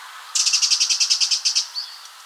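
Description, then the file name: Eurasian wren rattle call: a rapid series of harsh, evenly spaced high notes lasting a little over a second, then a single thin note, over steady background hiss. "Troglodytes troglodytes"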